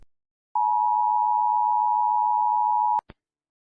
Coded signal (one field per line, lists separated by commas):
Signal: Emergency Alert System (SAME) tones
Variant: 853 and 960 Hz attention tone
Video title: My first eas alarms in Africa (104th overall)